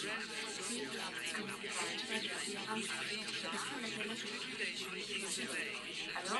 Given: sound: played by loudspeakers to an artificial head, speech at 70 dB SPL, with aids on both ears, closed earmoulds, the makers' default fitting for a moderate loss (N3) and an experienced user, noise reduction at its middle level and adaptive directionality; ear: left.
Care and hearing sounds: speech test signal (ISTS) in cocktail-party noise; -3 dB; on the right (90 degrees)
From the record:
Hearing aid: class 1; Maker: E

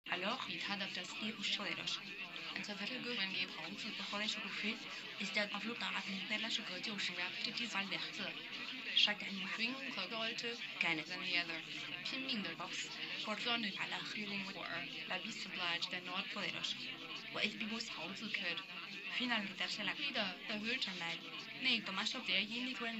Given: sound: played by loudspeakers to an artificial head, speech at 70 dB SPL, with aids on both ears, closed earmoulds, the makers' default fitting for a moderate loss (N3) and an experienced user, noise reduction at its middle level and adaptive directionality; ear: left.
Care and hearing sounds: speech test signal (ISTS) in cocktail-party noise; +6 dB; in front (0 degrees)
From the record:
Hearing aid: class 1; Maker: D

